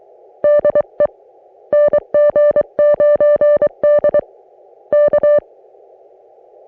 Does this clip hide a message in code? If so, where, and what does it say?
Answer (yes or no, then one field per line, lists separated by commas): yes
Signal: Morse code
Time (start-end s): 0.4-5.4 s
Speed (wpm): 23 wpm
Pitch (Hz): 590 Hz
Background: none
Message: DE NG9D K